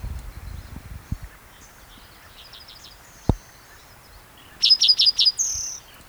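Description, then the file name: Spotted towhee song: a few faint notes, then a short series of loud, rapid high notes ending in a brief buzz, over quiet background noise. Recorded at Cicero on 22 June 2010. "Cicero 22 Jun 2010 Pmaculatus"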